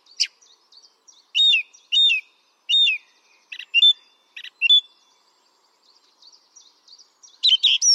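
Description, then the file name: Song thrush song: a two-note phrase repeated three times, then sharper notes given in pairs, with soft twittering behind and a loud closing burst. "singdrossel"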